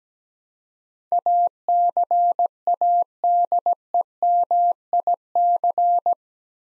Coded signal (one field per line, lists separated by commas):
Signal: Morse code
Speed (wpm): 17 wpm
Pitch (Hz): 700 Hz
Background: none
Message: ACADEMIC